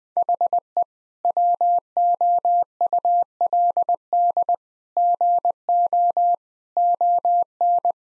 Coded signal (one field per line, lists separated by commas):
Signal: Morse code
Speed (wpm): 19 wpm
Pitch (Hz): 700 Hz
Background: none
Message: HE WOULD GO ON